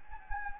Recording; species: mosquito wingbeat signal from an infrared sensor; Anopheles gambiae